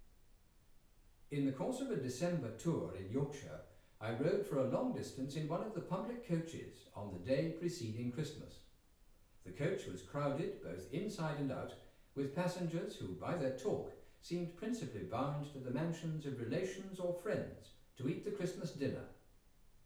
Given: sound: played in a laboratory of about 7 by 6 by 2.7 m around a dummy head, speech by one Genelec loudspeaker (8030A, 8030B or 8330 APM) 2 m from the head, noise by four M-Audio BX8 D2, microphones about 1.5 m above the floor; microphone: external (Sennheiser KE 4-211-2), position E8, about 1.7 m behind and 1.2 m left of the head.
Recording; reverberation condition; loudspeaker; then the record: male speech in English; medium; 30 degrees to the right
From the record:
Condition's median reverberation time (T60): about 510 ms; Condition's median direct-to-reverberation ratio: about -0.5 dB